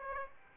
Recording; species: mosquito wingbeat signal from an infrared sensor; Aedes aegypti